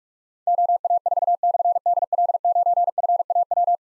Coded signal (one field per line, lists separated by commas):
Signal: Morse code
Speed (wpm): 44 wpm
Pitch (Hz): 700 Hz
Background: none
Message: OA4/DL9FAW